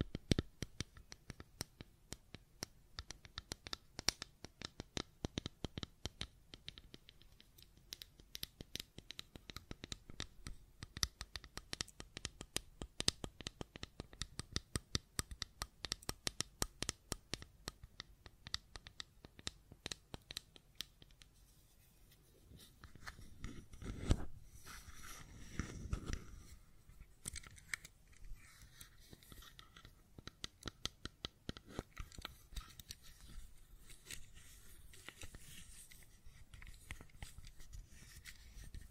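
Rapid, uneven clicking and tapping on a fidget cube, dense for the first twenty seconds, then sparser with a soft rubbing sound midway.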